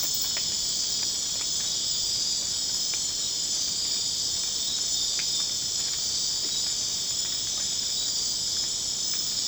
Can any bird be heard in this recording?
no